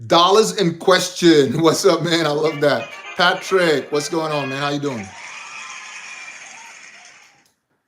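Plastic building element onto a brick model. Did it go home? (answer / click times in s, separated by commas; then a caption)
no / none. A plastic LEGO building element is handled over a brick model during a build while someone talks for about five seconds, followed by a faint steady hiss that fades out by about 7.5 seconds. Nothing has seated or clicked yet; the piece is not yet home.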